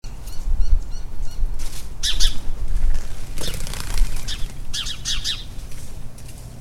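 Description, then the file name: House sparrow, bursts of quick chirping notes in clusters, some overlapping, with rumbling low background noise throughout. "Passer domesticus"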